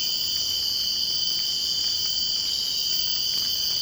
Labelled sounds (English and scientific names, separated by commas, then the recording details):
none
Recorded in secondary vegetation near Puerto Asís, Putumayo, Colombia, on 24 March 2025 at 04:30
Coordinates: 0.502, -76.326
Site G100